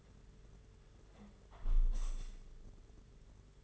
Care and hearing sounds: daily activity, microphone in the room; close window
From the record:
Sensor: 4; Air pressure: 992.1 hPa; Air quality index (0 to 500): 99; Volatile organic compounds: 12 ppm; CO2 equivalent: 2330 ppm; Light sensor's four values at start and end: 23/78/28/30 and 22/77/28/30

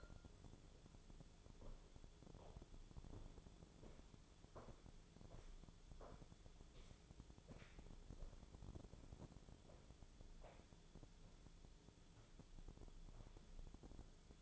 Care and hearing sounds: daily activity, microphone in the room; walk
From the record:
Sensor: 5

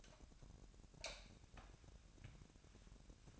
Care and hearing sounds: daily activity, microphone in the room; light off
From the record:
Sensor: 2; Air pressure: 1011.8 hPa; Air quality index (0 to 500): 217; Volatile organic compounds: 3 ppm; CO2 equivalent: 1530 ppm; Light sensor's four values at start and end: 13/38/15/15 and 9/20/8/9

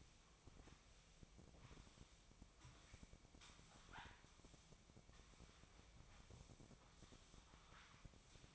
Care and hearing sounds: daily activity, microphone in the room; sweep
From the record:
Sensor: 1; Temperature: 24.4 degrees Celsius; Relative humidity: 39.3%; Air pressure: 1003.1 hPa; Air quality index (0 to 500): 197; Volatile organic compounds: 6 ppm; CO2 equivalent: 1887 ppm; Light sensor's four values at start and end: 13/32/13/16 and 13/32/13/16

